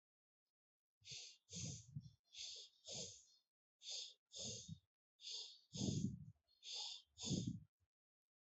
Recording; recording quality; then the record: shallow breathing; excellent, no background noise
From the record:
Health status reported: healthy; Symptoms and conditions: none ticked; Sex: male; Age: 43 years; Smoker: not ticked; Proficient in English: yes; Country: India